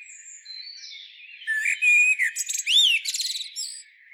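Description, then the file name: Common blackbird song: soft thin whistles at first, then a loud burst of rapid high squeaky notes and arched whistled trills. "Turdus merula"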